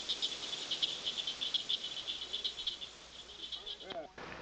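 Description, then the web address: Tree frog calling: a fast series of short, high pulsed notes repeated steadily, growing fainter after a few seconds. "frogs Family Hylidae"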